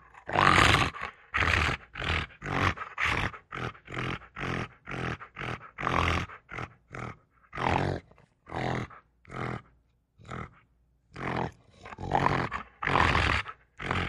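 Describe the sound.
Rottweiler giving a long series of gruff barks, steady, with a brief pause about three-quarters of the way through before resuming.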